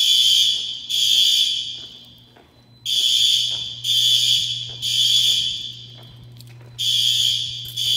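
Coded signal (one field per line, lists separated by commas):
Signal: alarm pattern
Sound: loud harsh electronic horn blaring in three-blast groups separated by brief silences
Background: low hum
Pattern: temporal three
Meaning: Temporal-three horn pattern is the standard fire evacuation signal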